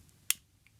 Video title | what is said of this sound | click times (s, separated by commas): How to Disassemble and Reassemble a SIG Sauer P228 (Field Strip) | there's the click follow the slide forward and then the slide comes off | 0.3 s